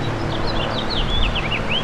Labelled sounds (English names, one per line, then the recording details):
House Finch song
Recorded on Long Island, New York, on 8 May 2012
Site VS
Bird A